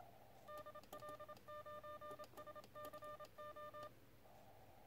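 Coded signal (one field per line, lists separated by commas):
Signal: Morse code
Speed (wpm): 27 wpm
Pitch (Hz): 1800 Hz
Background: none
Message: DL9SCO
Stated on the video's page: CW in the TRC DX Contest from a kit-built QRP Labs QCX+ transceiver at 5 watts QRP into a 2 x 13.6 m dipole.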